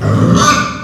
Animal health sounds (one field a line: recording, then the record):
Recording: squeal of a Yucatan mini pig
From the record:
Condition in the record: after surgery on the right vocal fold (resection and tissue-engineered implant)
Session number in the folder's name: 13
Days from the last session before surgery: 113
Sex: female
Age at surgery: 19 weeks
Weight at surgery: 25 kg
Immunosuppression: prednisolone